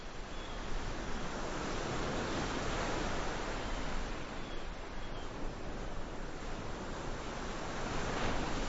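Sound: ocean waves and surf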